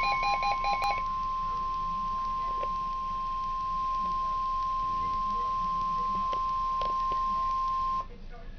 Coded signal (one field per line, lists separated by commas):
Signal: Emergency Alert System (SAME) tones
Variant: 1050 Hz attention tone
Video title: Real NOAA Weather Radio EAS Alert #24